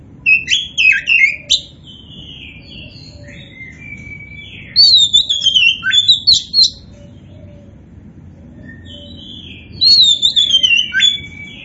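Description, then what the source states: Oriental magpie-robin singing three bursts of clear, sliding whistles mixed with crisp chips, separated by pauses, above a low hum. Kacer poci variety, described as gacor, meaning singing prolifically.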